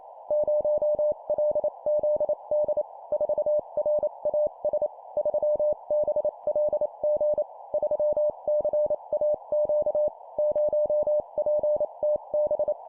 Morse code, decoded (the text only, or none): 0LZD 4RAS 3BLG 3CAQ 0PTB